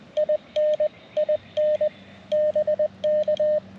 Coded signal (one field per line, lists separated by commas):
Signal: Morse code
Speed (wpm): 20 wpm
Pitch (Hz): 610 Hz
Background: radio noise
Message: IN IN BK